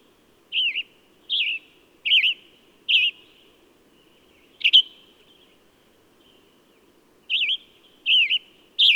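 Bird song: brief wavering whistled notes in irregular series, with a pause midway before the notes resume, above a soft low background hum.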